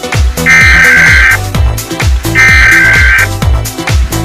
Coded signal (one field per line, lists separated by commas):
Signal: Emergency Alert System (SAME) tones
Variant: header bursts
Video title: ⚠️minecraftia eas alarm (zombie infestation)⚠️